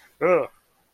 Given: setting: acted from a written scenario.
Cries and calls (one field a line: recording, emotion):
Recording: vocal sound without words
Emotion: embarrassment